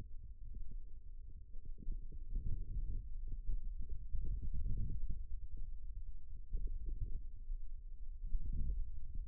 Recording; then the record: forearm muscle sounds (acoustic myography)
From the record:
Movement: radial deviation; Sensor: system 2, bracelet of six BSWA MPA416 microphones around the upper forearm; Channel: 4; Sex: male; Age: 22 years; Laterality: right